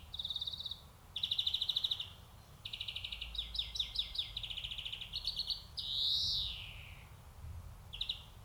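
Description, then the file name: European greenfinch song of buzzy trills and twittering runs, with a rising-falling wheezy note near the end, high-pitched throughout. "Chloris chloris"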